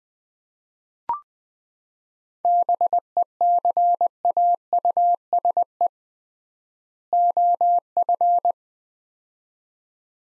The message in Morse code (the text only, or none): BECAUSE OF